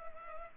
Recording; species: mosquito wingbeat signal from an infrared sensor; Culex pipiens